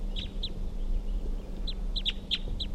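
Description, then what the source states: Crossbill call notes: sharp, clipped chips repeated in small bursts, with a steady low hum underneath. Captive caged bird calling, with a wild female perched on a branch just above it; about 4:55 p.m.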